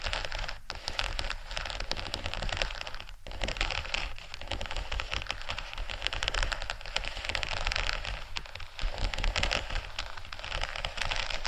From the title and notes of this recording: ASMR Faux Leather Scratching（No Talking）.